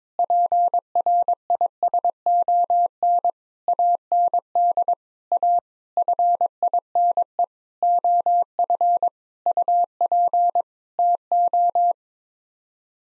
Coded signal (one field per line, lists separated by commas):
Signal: Morse code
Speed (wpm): 22 wpm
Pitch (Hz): 700 Hz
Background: none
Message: PRISON AND A FINE OF UP TO